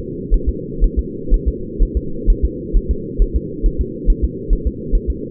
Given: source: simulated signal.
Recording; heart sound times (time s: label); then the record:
fetal heart sounds
0.34 s: S1
0.49 s: S2
0.84 s: S1
0.99 s: S2
1.34 s: S1
1.48 s: S2
1.83 s: S1
1.97 s: S2
2.30 s: S1
2.45 s: S2
2.77 s: S1
2.91 s: S2
3.22 s: S1
3.36 s: S2
3.66 s: S1
3.81 s: S2
4.10 s: S1
4.24 s: S2
4.53 s: S1
4.67 s: S2
4.95 s: S1
5.10 s: S2
From the record:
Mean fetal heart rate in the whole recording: 130 bpm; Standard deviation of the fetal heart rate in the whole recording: 4 bpm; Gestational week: 38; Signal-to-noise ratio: -4.3 dB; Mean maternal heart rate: 72 bpm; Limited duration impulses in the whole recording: present